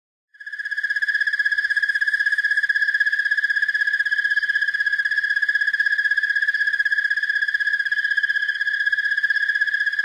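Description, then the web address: Broad-winged tree cricket song: a steady, unbroken trill that starts abruptly and holds an even pitch and loudness throughout, with no other sounds. "Songs of Insects. Broad-winged Tree Cricket"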